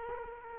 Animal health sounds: mosquito wingbeat signal from an infrared sensor; Culex quinquefasciatus

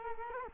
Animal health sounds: mosquito wingbeat signal from an infrared sensor; Culex quinquefasciatus

